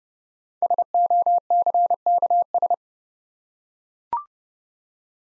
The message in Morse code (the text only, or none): SOCKS